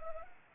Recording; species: mosquito wingbeat signal from an infrared sensor; Anopheles arabiensis